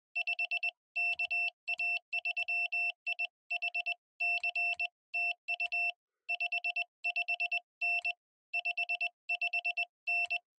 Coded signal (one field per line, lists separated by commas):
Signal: Morse code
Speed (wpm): 20 wpm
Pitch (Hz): 2700 Hz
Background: none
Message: 5 KA3IHC TU 55N 55N